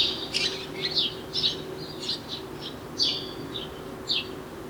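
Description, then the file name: House sparrow chirping, short harsh high notes repeated irregularly, with a steady low hum underneath. "Passer domesticus"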